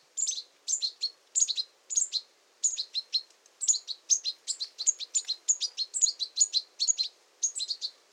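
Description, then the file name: European goldfinch twittering: sharp, high chirps in short rapid groups, repeated steadily throughout over a quiet background. "Carduelis carduelis"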